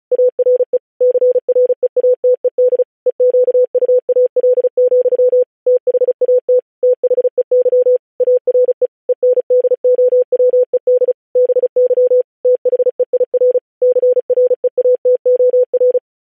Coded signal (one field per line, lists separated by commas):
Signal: Morse code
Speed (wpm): 36 wpm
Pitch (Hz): 500 Hz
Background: none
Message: ARE CREATED EQUAL, THAT THEY ARE ENDOWED BY THEIR CREATOR